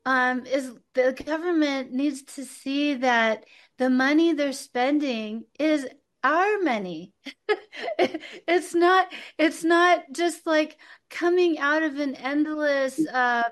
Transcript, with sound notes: the government needs to see that the money they're spending is our money. (laughs) It's not, it's not just, like, coming out of an endless,